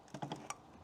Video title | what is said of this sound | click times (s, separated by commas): R&R rear tail light assembly, BLIS/BLIND SPOT INFORMATION SYSTEM on 2024 ford f350 7.3L gasoline | And I heard a little click. | 0.5 s